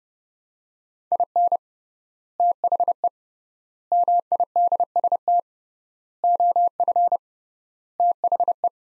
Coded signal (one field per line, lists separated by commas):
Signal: Morse code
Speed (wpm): 32 wpm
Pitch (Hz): 700 Hz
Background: none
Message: IN THE MIDST OF THE